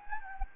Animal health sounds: mosquito wingbeat signal from an infrared sensor; Anopheles gambiae

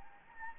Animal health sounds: mosquito wingbeat signal from an infrared sensor; Anopheles gambiae

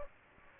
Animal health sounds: mosquito wingbeat signal from an infrared sensor; Aedes aegypti

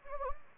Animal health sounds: mosquito wingbeat signal from an infrared sensor; Anopheles gambiae

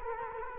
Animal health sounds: mosquito wingbeat signal from an infrared sensor; Culex quinquefasciatus

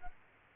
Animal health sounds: mosquito wingbeat signal from an infrared sensor; Aedes aegypti

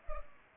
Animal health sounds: mosquito wingbeat signal from an infrared sensor; Culex pipiens

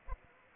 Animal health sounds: mosquito wingbeat signal from an infrared sensor; Aedes aegypti

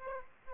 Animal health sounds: mosquito wingbeat signal from an infrared sensor; Aedes aegypti

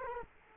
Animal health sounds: mosquito wingbeat signal from an infrared sensor; Culex quinquefasciatus

